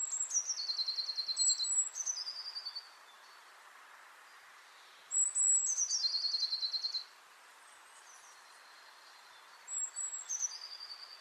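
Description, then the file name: Eurasian blue tit repeating its phrase three times, each a couple of thin high notes followed by a quick ringing trill, separated by pauses. "Cyanistes caeruleus"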